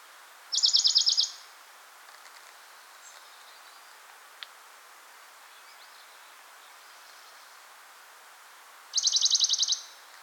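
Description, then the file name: Western Bonelli's warbler song: two even, rattling trills roughly eight seconds apart, each under a second long, with a faint click between them. "pouillotdebonelli"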